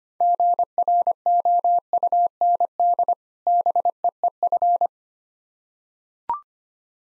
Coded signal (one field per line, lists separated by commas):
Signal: Morse code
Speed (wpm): 25 wpm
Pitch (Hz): 700 Hz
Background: none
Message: GROUND BEEF